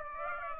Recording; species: mosquito wingbeat signal from an infrared sensor; Aedes aegypti